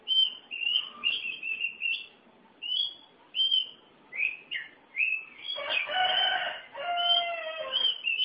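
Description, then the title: Oriental magpie-robin song of repeated clear whistles, then richer, harsher harmonic phrases near the end. "Suara Kicauan Burung Kacer Durasi Panjang"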